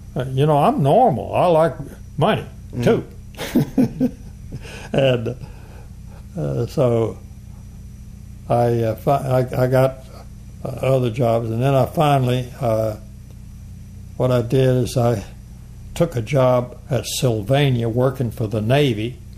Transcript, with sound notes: You know, I’m normal, I like money too, [Laughing] and so…I fi…I, I got other jobs, and then I finally…what I did is I took a job at Sylvania working for the navy.